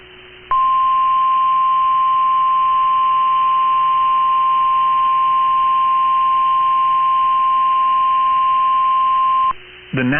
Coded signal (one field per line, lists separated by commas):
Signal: Emergency Alert System (SAME) tones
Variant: 1050 Hz attention tone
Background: speech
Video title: First SVR of 2024? | 1/9/24 - HUGE Severe Thunderstorm Warning on KHB37 (EAS #967)